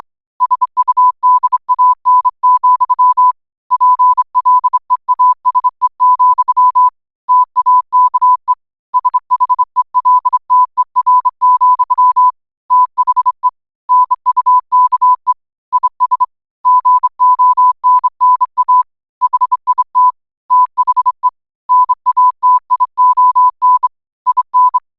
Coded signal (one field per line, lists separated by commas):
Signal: Morse code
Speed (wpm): 24 wpm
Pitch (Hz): 1000 Hz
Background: none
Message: SUDAN, PLEASE, TAKE SHELTER, THE NUKE IS GONNA HIT THE NATION IN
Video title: South Sudan EAS Scenario (FAKE)